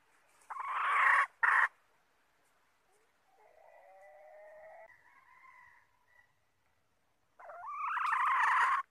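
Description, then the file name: Red junglefowl hen calls: loud harsh squawks near the start and another near the end, with a faint wavering tonal sound between them. Red junglefowl hen, calling to find a mate. "tieng ga rung mai keu tim kiem ban tinh"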